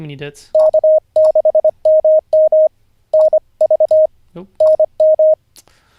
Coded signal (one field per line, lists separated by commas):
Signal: Morse code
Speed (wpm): 25 wpm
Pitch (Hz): 620 Hz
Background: speech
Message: K6MM NV NM